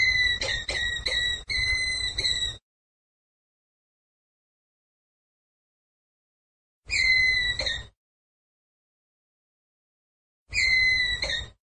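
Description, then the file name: Ground squirrel opening with a rapid, stuttering run of whistled notes, then after a long pause two separate steady one-second calls. "Tieng soc dat keu"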